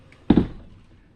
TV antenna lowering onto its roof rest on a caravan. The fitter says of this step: and then uh wind that down you'll hear it clunk on the roof